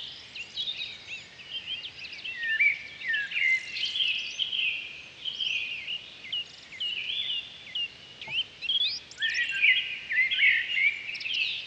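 A forest visit filled with a dense, continuous chorus of many birds, their bright chirps, trills and whistles overlapping throughout. Calls swell and fade at several distances with no pauses, over a quiet low background, with a brief soft knock around eight seconds.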